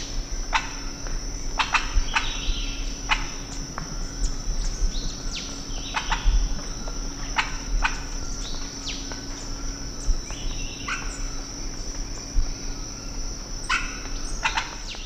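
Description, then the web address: Green oropendola calling with several short liquid sweeping notes spread throughout, set against a constant shrill insect hum, a low steady tone and sharp clicking. Calls; South America, eastern lowlands. "S America Eastern Lowlands Psarocolius viridis, calls"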